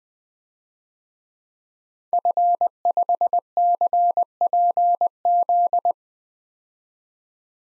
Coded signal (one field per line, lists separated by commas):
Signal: Morse code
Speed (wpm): 20 wpm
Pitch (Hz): 700 Hz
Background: none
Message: F5CPZ